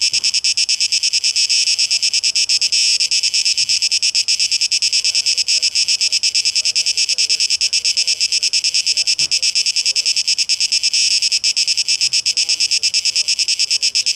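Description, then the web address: Cicada song, a dense high buzzing pulsed rapidly without pause. Recorded 12 August 2023; tape echo mix. "rauschpartikel Audio 2023-08-12 Zikaden (Tape Echo Mix)"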